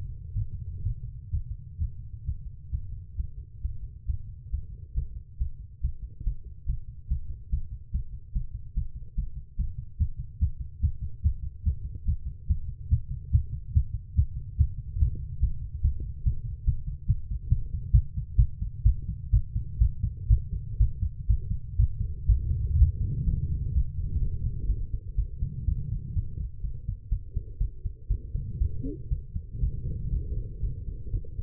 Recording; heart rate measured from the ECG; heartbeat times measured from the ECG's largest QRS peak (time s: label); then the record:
heart sounds by stethoscope; 133 bpm
0.34 s: heartbeat
0.82 s: heartbeat
1.30 s: heartbeat
1.77 s: heartbeat
2.24 s: heartbeat
2.70 s: heartbeat
3.15 s: heartbeat
3.60 s: heartbeat
4.05 s: heartbeat
4.49 s: heartbeat
4.93 s: heartbeat
5.36 s: heartbeat
5.80 s: heartbeat
6.22 s: heartbeat
6.65 s: heartbeat
7.07 s: heartbeat
7.49 s: heartbeat
7.90 s: heartbeat
8.32 s: heartbeat
8.73 s: heartbeat
9.14 s: heartbeat
9.55 s: heartbeat
9.97 s: heartbeat
10.38 s: heartbeat
10.80 s: heartbeat
11.21 s: heartbeat
11.63 s: heartbeat
12.04 s: heartbeat
12.46 s: heartbeat
12.88 s: heartbeat
13.30 s: heartbeat
13.72 s: heartbeat
14.14 s: heartbeat
14.56 s: heartbeat
14.97 s: heartbeat
15.39 s: heartbeat
15.81 s: heartbeat
16.23 s: heartbeat
16.64 s: heartbeat
17.06 s: heartbeat
17.48 s: heartbeat
17.91 s: heartbeat
18.36 s: heartbeat
18.83 s: heartbeat
19.30 s: heartbeat
19.78 s: heartbeat
20.27 s: heartbeat
20.78 s: heartbeat
21.27 s: heartbeat
21.77 s: heartbeat
22.26 s: heartbeat
22.76 s: heartbeat
23.25 s: heartbeat
23.73 s: heartbeat
24.20 s: heartbeat
24.67 s: heartbeat
25.16 s: heartbeat
25.66 s: heartbeat
26.14 s: heartbeat
26.62 s: heartbeat
27.10 s: heartbeat
27.59 s: heartbeat
28.08 s: heartbeat
28.59 s: heartbeat
29.09 s: heartbeat
29.60 s: heartbeat
30.11 s: heartbeat
30.61 s: heartbeat
31.12 s: heartbeat
From the record:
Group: healthy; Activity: Valsalva maneuver 0-21 s, rest 21-31 s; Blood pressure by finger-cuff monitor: 152/97 mmHg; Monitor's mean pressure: 110 mmHg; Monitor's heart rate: 137 bpm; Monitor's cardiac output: 8.5 L/min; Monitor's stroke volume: 63 mL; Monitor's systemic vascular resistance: 920 dyn s/cm5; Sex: female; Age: 19 years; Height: 163 cm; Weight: 51 kg